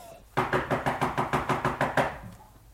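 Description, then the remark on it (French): Police pound on a door in a fast, steady burst of about eleven loud, evenly spaced knocks that stop abruptly, leaving a faint low hum. “Ouvrez ou j'enfonce la porte.”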